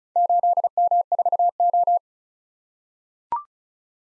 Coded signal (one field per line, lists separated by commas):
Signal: Morse code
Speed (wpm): 36 wpm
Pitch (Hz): 700 Hz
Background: none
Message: 8M4O